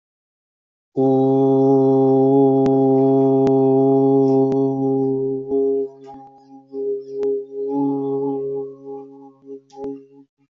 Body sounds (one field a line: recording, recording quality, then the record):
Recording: sustained vowel as in boot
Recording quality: excellent, no background noise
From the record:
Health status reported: healthy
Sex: male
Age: 44 years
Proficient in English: yes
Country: India